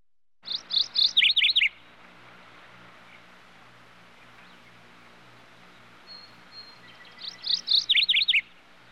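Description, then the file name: Bird song: a brief phrase of high chirped notes that drops into a quick falling series, heard twice, over a low steady hum. Various bird species heard together as a general ambience. "raznie ptici obshaya atmosfera"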